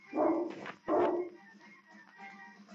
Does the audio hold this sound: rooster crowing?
no